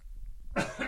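After about half a second of near silence, an adult gives a single sudden cough, turned away from the microphone, with a brief second push at its tail. It sounds slightly distant. This is an ordinary isolated cough.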